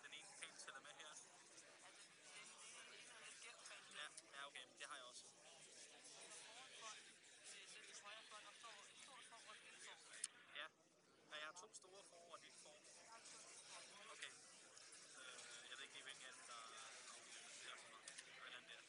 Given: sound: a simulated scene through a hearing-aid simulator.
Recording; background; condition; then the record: conversation; cafeteria; -4 dB SNR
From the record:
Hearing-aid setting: III (slow-acting compression, loudness normalization, advanced features for about 2.5 dB of SNR improvement); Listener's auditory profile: D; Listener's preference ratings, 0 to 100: 30, 32, 12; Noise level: 65 dB SPL